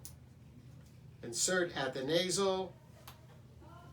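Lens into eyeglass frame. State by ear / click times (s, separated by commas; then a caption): seated / 3.1 s. An eyeglass lens is seated at the nasal side and pressed into the eyewire of a frame that was heated to soften it. Someone talks over the work, and a short, sharp click at 3.1 s marks the lens snapping into place, leaving it seated in the frame.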